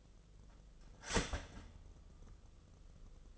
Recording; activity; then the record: daily activity, microphone in the room; start toaster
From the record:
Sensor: 4